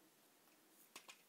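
A plastic part of a Sirtoys TFC Star Cats Deluxe Star Rescue Team transforming combiner robot toy is pushed into its slot in the robot body against low background hiss. A short, sharp plastic snap at 0.96 s is followed by a softer second click at 1.10 s, and the part is seated in place.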